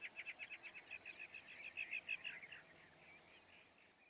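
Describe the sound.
Northern mockingbird song: a fast series of repeated rattling notes, fading out toward the end.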